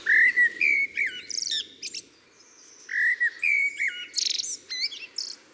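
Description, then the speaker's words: Common blackbird singing rich, fluting low whistled phrases that end in higher squeaky twitters, two phrases separated by a short pause. Song judged the prettiest; an earlier study found this song, like other bird songs, can benefit psychological balance; called ideal for waking gently. "Le chant du merle."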